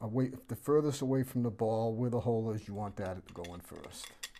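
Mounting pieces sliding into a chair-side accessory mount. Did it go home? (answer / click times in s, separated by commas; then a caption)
no / none. Mounting pieces are being handled for a Monstertech chair-side accessory mount while someone talks, with the long end, the end farthest from the ball where the hole is, set to go in first. Nothing has seated or clicked yet; the clip ends just before the pieces snap into the chair mount.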